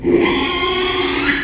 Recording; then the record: squeal of a Yucatan mini pig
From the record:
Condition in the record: after surgery on the right vocal fold (resection and tissue-engineered implant); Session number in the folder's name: 2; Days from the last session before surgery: 13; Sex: male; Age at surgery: 12 weeks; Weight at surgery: 13 kg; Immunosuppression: cyclosporine, prednisolone